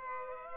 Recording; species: mosquito wingbeat signal from an infrared sensor; Culex pipiens